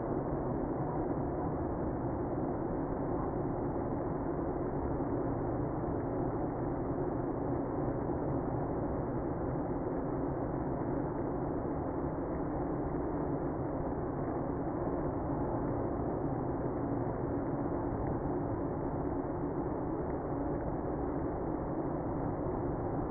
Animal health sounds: honeybee colony, microphone inside the hive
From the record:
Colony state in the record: queenless (queen removed); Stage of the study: after two queens were removed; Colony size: about 60,000 bees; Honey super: yes

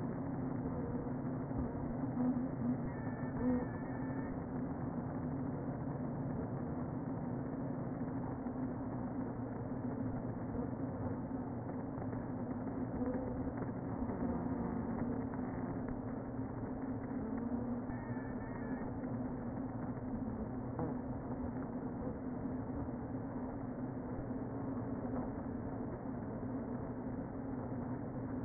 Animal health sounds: honeybee colony, microphone inside the hive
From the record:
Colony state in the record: queen present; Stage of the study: before two queens were removed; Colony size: about 60,000 bees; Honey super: yes

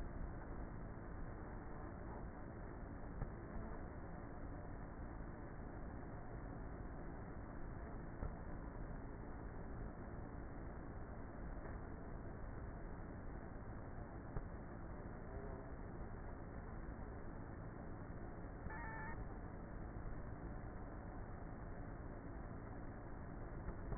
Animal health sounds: honeybee colony, microphone inside the hive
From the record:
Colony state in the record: queenless with a low population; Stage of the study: before two queens were removed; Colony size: about 30,000 bees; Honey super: no

